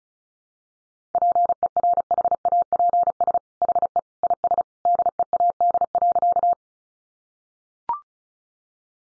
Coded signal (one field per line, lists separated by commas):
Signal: Morse code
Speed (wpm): 34 wpm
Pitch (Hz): 700 Hz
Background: none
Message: PERHAPS HE IS DEAD.